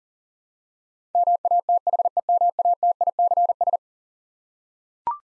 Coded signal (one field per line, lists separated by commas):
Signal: Morse code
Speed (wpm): 40 wpm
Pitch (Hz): 700 Hz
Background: none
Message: MATHEMATICS